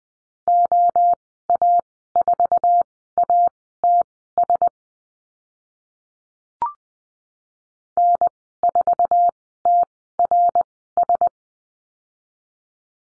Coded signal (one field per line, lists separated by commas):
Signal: Morse code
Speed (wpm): 20 wpm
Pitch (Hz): 700 Hz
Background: none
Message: OA4ATS N4TRS